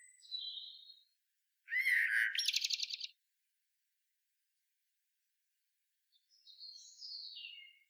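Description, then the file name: Common blackbird song: a single low, fluty warbled phrase sliding into a rapid squeaky twitter, with faint thin high notes before it and again after a long silence. "Turdus merula"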